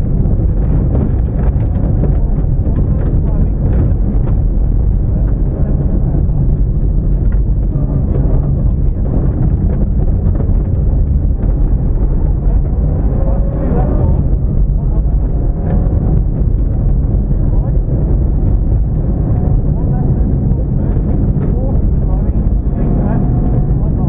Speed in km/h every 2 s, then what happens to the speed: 85, 89, 92, 82, 63, 45, 39, 52, 77, 116, 118, 118.
0-5 speeds up to 92. 5-12 brakes to 39. 12-18 speeds up to 116. 18-24 steady at about 118.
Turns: none.